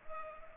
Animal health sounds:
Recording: mosquito wingbeat signal from an infrared sensor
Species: Culex pipiens

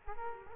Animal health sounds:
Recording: mosquito wingbeat signal from an infrared sensor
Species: Culex quinquefasciatus

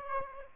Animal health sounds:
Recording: mosquito wingbeat signal from an infrared sensor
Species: Aedes aegypti

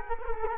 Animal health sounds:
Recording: mosquito wingbeat signal from an infrared sensor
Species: Culex quinquefasciatus

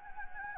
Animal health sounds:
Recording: mosquito wingbeat signal from an infrared sensor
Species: Anopheles gambiae

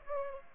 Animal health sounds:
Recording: mosquito wingbeat signal from an infrared sensor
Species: Aedes aegypti

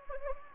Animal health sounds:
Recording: mosquito wingbeat signal from an infrared sensor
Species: Anopheles gambiae

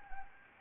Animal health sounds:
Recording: mosquito wingbeat signal from an infrared sensor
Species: Anopheles gambiae

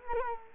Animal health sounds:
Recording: mosquito wingbeat signal from an infrared sensor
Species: Culex quinquefasciatus

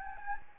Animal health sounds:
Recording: mosquito wingbeat signal from an infrared sensor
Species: Anopheles gambiae

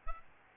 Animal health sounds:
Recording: mosquito wingbeat signal from an infrared sensor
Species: Aedes albopictus

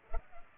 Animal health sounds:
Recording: mosquito wingbeat signal from an infrared sensor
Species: Culex pipiens

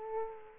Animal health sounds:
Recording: mosquito wingbeat signal from an infrared sensor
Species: Aedes aegypti

